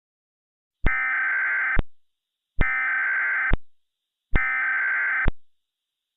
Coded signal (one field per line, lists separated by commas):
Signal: Emergency Alert System (SAME) tones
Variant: header bursts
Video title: EAS Scenario: Dandy's World: ichor Infection (An 5 Minutes Sneak speak video)